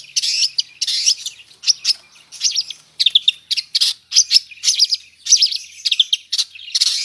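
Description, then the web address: Long-tailed shrike giving a busy, scratchy chatter of rasping and squeaky notes in short irregular bursts, varied and continuing throughout. Full song with imitated phrases of other sounds, described as gacor style. "cendet suara-cendet-gacor-full-isian"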